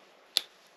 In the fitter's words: nice satisfying snap